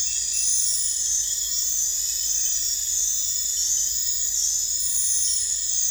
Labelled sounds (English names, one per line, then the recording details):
none
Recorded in dense forest near Puerto Asís, Putumayo, Colombia, on 21 December 2024 at 00:00
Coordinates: 0.468, -76.322
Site G071